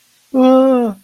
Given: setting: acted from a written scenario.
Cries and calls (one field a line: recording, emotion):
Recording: vocal sound without words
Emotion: fear